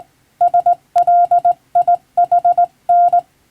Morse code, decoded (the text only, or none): SLIHN